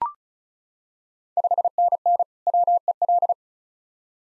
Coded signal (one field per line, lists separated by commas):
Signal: Morse code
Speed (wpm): 36 wpm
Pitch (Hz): 700 Hz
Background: none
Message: 5NN WEL